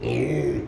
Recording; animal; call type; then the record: contact call of a hoofed animal; pig; closed-mouth grunt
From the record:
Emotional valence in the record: negative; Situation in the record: short social isolation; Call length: 0.68 s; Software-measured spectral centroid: 1540 Hz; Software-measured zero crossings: 920 a second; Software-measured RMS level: -24 dBFS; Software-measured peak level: -13 dBFS